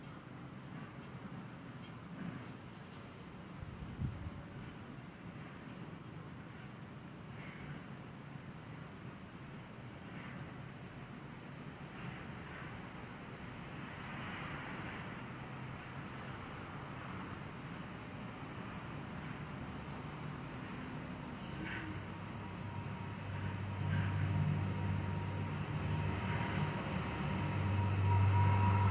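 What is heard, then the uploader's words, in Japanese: Ambient sound recorded from a house window: a steady low rumble of traffic fills the clip, with a few faint clicks and knocks early on. Over the last few seconds it swells as a vehicle's engine drones louder, adding a thin whine. 私の家の窓辺から録音した環境音。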